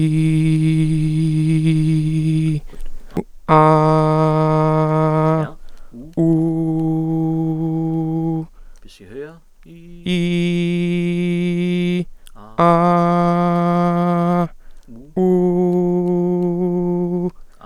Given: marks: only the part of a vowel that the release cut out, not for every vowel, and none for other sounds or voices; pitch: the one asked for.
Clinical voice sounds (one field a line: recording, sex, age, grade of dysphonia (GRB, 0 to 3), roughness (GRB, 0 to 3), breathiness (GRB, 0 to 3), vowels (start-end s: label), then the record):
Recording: sustained vowels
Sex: male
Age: 20 to 29 years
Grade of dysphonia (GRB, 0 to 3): 0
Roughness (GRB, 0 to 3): 0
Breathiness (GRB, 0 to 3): 0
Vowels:
0.00-1.99 s: vowel /i/, normal pitch
3.59-5.33 s: vowel /a/, normal pitch
6.29-8.29 s: vowel /u/, normal pitch
10.19-11.94 s: vowel /i/, high pitch
12.66-14.37 s: vowel /a/, high pitch
15.26-17.20 s: vowel /u/, high pitch
From the record:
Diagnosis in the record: healthy voice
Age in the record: 20 years